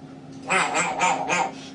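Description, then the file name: Grey parrot giving a few harsh, nasal squawks in quick succession. Grey parrot named Grig, talking. "a vot eto razgovarivaet odna pernataya skotina po imeni grig"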